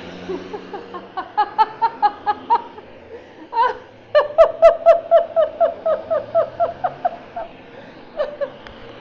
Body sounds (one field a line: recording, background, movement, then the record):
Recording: laughter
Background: traffic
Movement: sitting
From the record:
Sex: female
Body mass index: 21.8 kg/m2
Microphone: on the chest, facing outward